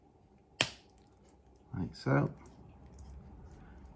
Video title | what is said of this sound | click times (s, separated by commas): Ford Kuga Key Fob Battery Replacement (2018–2025) - Quick & Easy Guide | push it together till you hear it click, like | 0.6 s